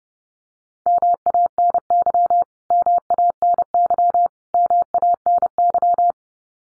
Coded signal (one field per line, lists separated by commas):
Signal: Morse code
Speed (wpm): 30 wpm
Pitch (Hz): 700 Hz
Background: none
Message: MANY MANY MANY